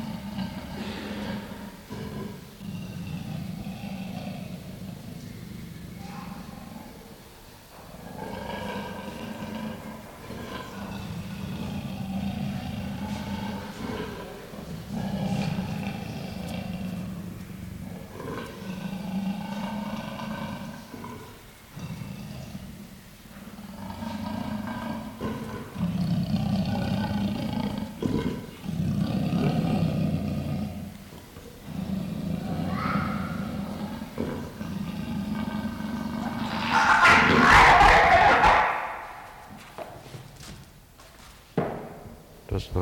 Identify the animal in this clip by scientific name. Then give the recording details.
Panthera pardus. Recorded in captivity. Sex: pair. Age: adult. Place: Tierpark Berlin, Berlin, DE. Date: 1993-12-18. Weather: overcast, 2°C. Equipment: Marantz CP 430, Sennheiser MKH 416 T, Kopie Uher Variocord 263. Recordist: Tembrock, Günter